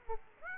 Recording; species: mosquito wingbeat signal from an infrared sensor; Aedes aegypti